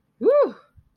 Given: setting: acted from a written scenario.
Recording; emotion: vocal sound without words; triumph